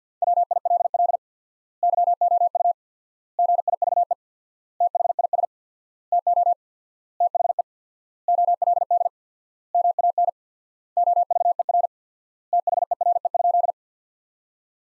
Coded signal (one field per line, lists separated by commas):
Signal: Morse code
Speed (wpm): 50 wpm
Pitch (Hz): 700 Hz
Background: none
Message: WILL YOU GIVE THIS TO THE OLD MAN OVER THERE?